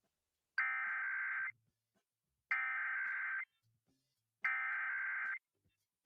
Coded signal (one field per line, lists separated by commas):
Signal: Emergency Alert System (SAME) tones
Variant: header bursts